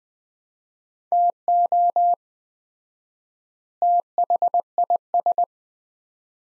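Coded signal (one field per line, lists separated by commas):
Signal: Morse code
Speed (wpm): 20 wpm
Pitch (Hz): 700 Hz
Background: none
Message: TO THIS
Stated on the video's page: Morse practice at 20 wpm sending sets of two words with 4x word spacing, a Farnsworth-like approach applied to words.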